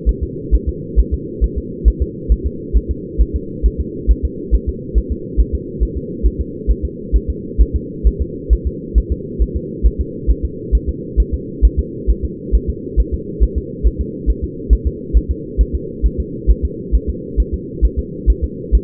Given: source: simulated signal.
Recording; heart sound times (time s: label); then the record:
fetal heart sounds
0.09 s: S1
0.23 s: S2
0.55 s: S1
0.69 s: S2
0.99 s: S1
1.14 s: S2
1.44 s: S1
1.58 s: S2
1.88 s: S1
2.02 s: S2
2.32 s: S1
2.46 s: S2
2.77 s: S1
2.91 s: S2
3.21 s: S1
3.36 s: S2
3.66 s: S1
3.81 s: S2
4.11 s: S1
4.25 s: S2
4.55 s: S1
4.69 s: S2
4.98 s: S1
5.12 s: S2
5.40 s: S1
5.55 s: S2
5.83 s: S1
5.97 s: S2
6.26 s: S1
6.41 s: S2
6.71 s: S1
6.85 s: S2
7.16 s: S1
7.30 s: S2
7.61 s: S1
7.76 s: S2
8.07 s: S1
8.22 s: S2
8.53 s: S1
8.67 s: S2
8.98 s: S1
9.12 s: S2
9.42 s: S1
9.56 s: S2
9.86 s: S1
10.01 s: S2
10.31 s: S1
10.45 s: S2
10.75 s: S1
10.89 s: S2
11.20 s: S1
11.34 s: S2
11.65 s: S1
11.79 s: S2
12.10 s: S1
12.25 s: S2
12.55 s: S1
12.70 s: S2
13.00 s: S1
13.14 s: S2
13.43 s: S1
13.58 s: S2
13.87 s: S1
14.01 s: S2
14.30 s: S1
14.44 s: S2
14.73 s: S1
14.87 s: S2
15.17 s: S1
15.31 s: S2
15.61 s: S1
15.75 s: S2
16.06 s: S1
16.20 s: S2
16.50 s: S1
16.65 s: S2
16.95 s: S1
17.09 s: S2
17.40 s: S1
17.54 s: S2
17.85 s: S1
17.99 s: S2
18.30 s: S1
18.44 s: S2
18.75 s: S1
From the record:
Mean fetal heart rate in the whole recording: 135 bpm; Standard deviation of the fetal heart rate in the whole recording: 3 bpm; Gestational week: 34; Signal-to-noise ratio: -4.1 dB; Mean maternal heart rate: no maternal heart sound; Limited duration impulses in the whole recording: absent